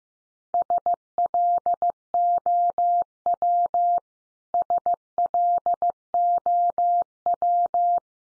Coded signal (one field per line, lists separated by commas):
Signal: Morse code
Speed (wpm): 15 wpm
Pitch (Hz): 700 Hz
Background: none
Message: SLOW SLOW